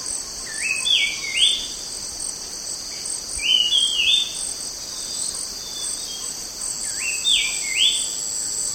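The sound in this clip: White-chested babbler calling with short rising whistled notes in three quick phrases, each phrase two or three upslurred whistles, over a steady high insect drone.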